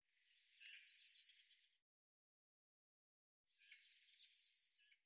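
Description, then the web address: Eurasian blue tit calls: two bouts of high, thin notes that step lower in pitch toward the end, with a quiet gap between them. "cianscape birddata Deverinetal 2025 File cleaned normalized Bird Cy Ca"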